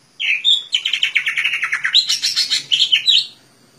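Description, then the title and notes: Leafbird song, a fast series of repeated chirped notes slurring downward, followed by a bright, higher warbling flourish lasting about a second. Song used for training caged songbirds (masteran). "Suara Burung Cucak Ijo. mantap buat masteran burung cak ijo"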